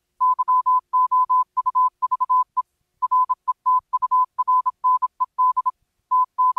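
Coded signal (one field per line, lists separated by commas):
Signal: Morse code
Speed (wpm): 27 wpm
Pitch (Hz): 1010 Hz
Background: none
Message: YOUVE RETURNED TT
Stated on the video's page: Secret Morse code hidden in the surreal Garfield horror game The Last Monday.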